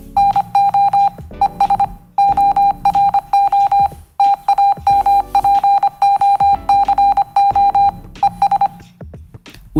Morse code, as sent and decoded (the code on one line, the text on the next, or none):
-. --- / . ... / --- .-. --- / - .- -- .--. --- -.-. --- / . ...
NO ES ORO TAMPOCO ES